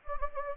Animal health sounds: mosquito wingbeat signal from an infrared sensor; Anopheles gambiae

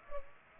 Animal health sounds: mosquito wingbeat signal from an infrared sensor; Culex pipiens

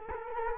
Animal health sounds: mosquito wingbeat signal from an infrared sensor; Culex quinquefasciatus

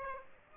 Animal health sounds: mosquito wingbeat signal from an infrared sensor; Aedes aegypti

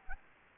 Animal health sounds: mosquito wingbeat signal from an infrared sensor; Anopheles gambiae

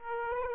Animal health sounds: mosquito wingbeat signal from an infrared sensor; Aedes aegypti

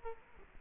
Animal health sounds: mosquito wingbeat signal from an infrared sensor; Culex quinquefasciatus

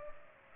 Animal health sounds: mosquito wingbeat signal from an infrared sensor; Culex pipiens

